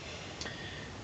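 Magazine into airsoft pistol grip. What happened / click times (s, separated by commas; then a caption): The magazine latched into the grip / 0.4 s. A CO2 magazine is pushed up into the grip of an airsoft 1911 replica pistol, and a short, sharp click sounds at 0.4 s over a steady background hiss. The magazine latches and is seated in the grip.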